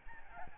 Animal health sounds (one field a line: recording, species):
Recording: mosquito wingbeat signal from an infrared sensor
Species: Aedes albopictus